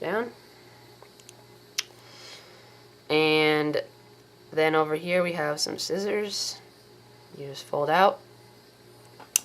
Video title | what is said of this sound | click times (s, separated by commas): My Leatherman Wave & sheath review | and it locks in place | 9.4 s